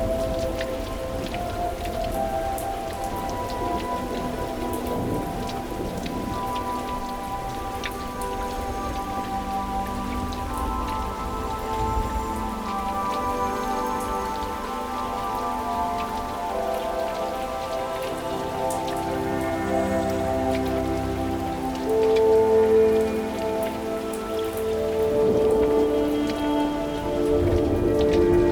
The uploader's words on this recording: Rain Outside the Window Tonight.